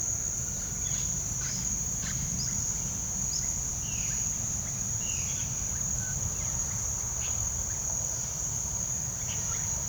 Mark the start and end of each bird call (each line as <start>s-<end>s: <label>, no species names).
0.89s-5.51s: bird call
5.86s-9.74s: bird call